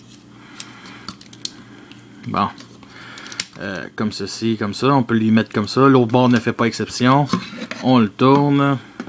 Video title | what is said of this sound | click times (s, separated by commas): (FR)Transformers Age Of Extinction:Grimlock Classe Voyager | petit trou, ben ça vient se clipser comme ceci. | 1.4 s